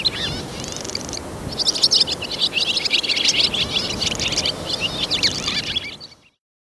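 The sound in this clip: Swallow twittering song, a fast run of high chirps and warbled notes that goes on almost without pause before fading out at the end.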